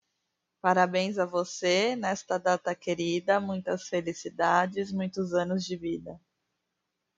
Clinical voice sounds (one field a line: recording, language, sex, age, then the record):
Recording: short text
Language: Brazilian Portuguese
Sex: male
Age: 30 to 39 years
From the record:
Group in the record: control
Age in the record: 31 years